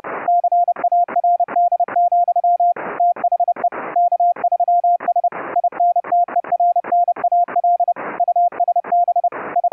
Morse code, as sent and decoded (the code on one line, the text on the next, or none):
-.-. .- .-. -.. --..-- / - .... . / -.- ...-- ... / .. -. - . .-. -. .- .-.. / ..- ... -... / ..
CARD, THE K3S INTERNAL USB I